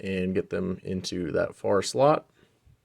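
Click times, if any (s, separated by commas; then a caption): none. Someone talks while handling a Molex connector holding brown and purple wires, working it toward the far mating slot of a tracking station's wiring, where its small barb will interface with the slots. The clip ends before the connector goes home, so nothing has seated or clicked yet.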